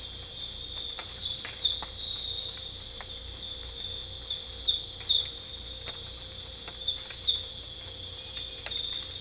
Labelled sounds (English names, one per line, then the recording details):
none
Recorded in dense forest near Puerto Asís, Putumayo, Colombia, on 18 December 2024 at 00:00
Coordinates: 0.484, -76.325
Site G056